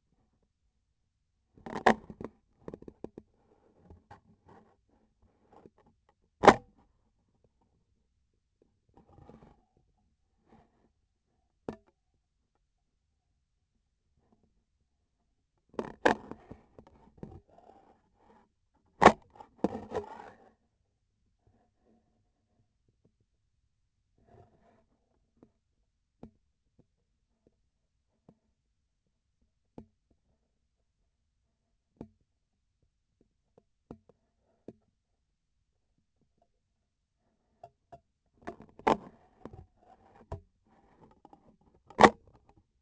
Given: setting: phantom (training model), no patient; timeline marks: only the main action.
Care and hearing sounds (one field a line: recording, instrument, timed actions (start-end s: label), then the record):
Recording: laparoscopic instrument, vibration sensor on the handle end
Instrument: scissors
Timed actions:
6.37-6.74 s: cutting PTFE tape
18.91-19.29 s: cutting PTFE tape
41.83-42.20 s: cutting PTFE tape
From the record:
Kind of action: gesture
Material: PTFE tape